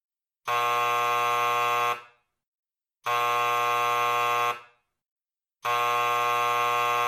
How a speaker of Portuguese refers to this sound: Solta o terceiro sino, porque estamos prestes a começar a nossa peça.